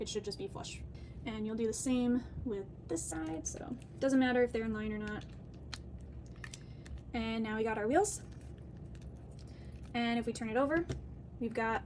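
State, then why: Seated. Someone talks while a plastic wheel with an oval hole is pushed onto the matching oval axle peg on the second side of a beginner robot kit. Sharp clicks at 5.7 s and 6.4 s mark the wheel seating flush with no white peg showing, followed by a few softer taps before the talking resumes.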